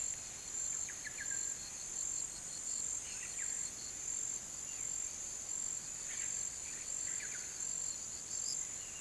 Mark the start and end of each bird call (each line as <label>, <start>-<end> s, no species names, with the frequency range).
bird call (0.8-3.3 kHz), 0.00-1.42 s
bird call (1.4-3.3 kHz), 2.79-3.86 s
bird call (0.9-4.2 kHz), 6.12-7.52 s